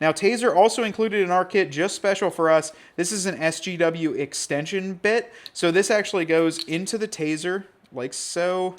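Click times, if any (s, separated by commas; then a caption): none. A man talks throughout while handling an SGW (security gateway) extension cable for a Jeep, holding its plastic connector up to a Tazer plug-in tuning module to show how it goes in. The connector has not yet seated or clicked into the module when the clip ends.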